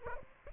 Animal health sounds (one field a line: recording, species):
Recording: mosquito wingbeat signal from an infrared sensor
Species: Aedes aegypti